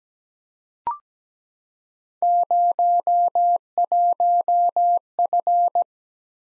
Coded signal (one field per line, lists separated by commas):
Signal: Morse code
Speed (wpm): 17 wpm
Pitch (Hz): 700 Hz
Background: none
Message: 01F